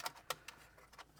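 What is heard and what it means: A plastic wiring harness connector is unlatched and pulled off the back of the factory radio head unit in an E39 540i, giving a string of short, sharp plastic clicks. The loudest click, at 0.3 s, is the latch letting go and the connector releasing, with fainter clicks around it.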